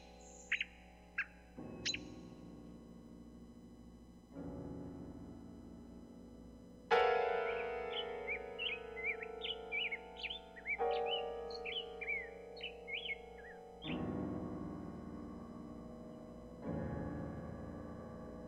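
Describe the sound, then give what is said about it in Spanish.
A bird sings a warbling, trilling song of quick, high chirps, with scattered notes early on and a dense run of tumbling phrases midway, over a steady low droning background. “silbidos breves y vibrantes, gorgoritos, cascadillas de notas que se precipitan y se detienen, erizos de modulaciones que se repliegan sobre sí mismas, y así sucesivamente hasta llegar a los varios gorjeos.”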